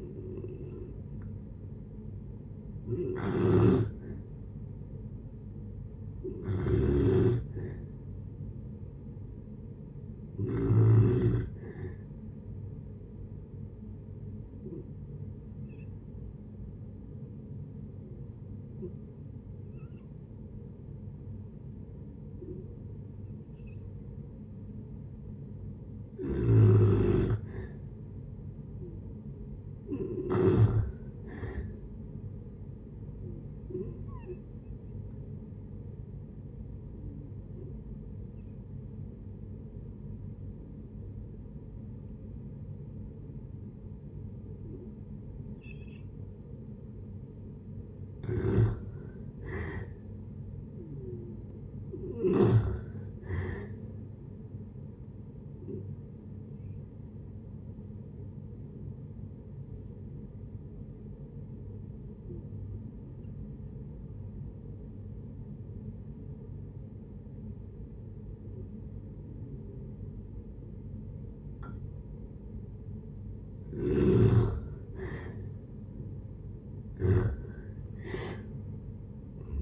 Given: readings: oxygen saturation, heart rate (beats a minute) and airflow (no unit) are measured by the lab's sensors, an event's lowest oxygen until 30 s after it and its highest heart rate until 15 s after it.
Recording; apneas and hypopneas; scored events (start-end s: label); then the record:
breathing in sleep by a smartphone at the bedside; 3
3.00-27.10 s: hypopnea (N1, oxygen 96% highest, then 90% lowest, heart rate 74 at the start, 74 highest)
28.00-79.62 s: new sleep stage, N2 (light sleep)
33.00-51.00 s: hypopnea (N2, oxygen 95% highest, then 87% lowest, heart rate 59 at the start, 71 highest)
55.00-73.50 s: hypopnea (N2, oxygen 95% highest, then 83% lowest, heart rate 65 at the start, 81 highest)
From the record:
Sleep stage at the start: N1 (lightest sleep); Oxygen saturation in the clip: 81 to 97%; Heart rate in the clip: 56 to 77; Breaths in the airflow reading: 17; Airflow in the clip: -7.0 to 8.4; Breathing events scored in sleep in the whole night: 496 in 5.4 hours asleep